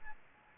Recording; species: mosquito wingbeat signal from an infrared sensor; Aedes albopictus